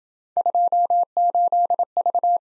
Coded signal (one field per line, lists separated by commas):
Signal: Morse code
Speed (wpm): 27 wpm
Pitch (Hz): 700 Hz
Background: none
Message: 28V